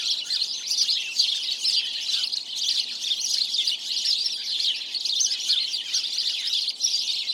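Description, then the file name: House sparrow chatter: many birds chirping at once, a busy unbroken wash of short bright chirps. "Passer domesticus"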